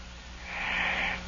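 A single soft, airy, hissing sleep breath with little low rumble: light snoring from a 17-year-old who has not gone through puberty, sounding like a little kid's snore rather than a coarse, manly snore. Heard in deeper sleep with slow respirations.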